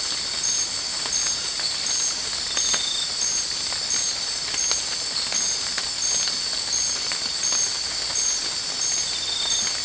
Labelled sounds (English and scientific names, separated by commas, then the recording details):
none
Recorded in secondary vegetation near Puerto Asís, Putumayo, Colombia, on 19 March 2025 at 23:30
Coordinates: 0.502, -76.326
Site G100